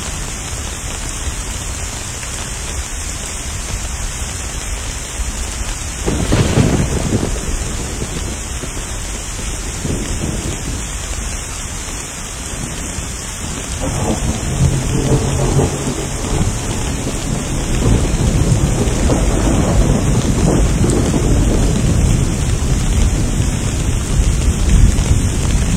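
A thunderstorm with steady dense rain hiss throughout, a low rumble of thunder near six seconds, and heavier rolling thunder building after fourteen seconds.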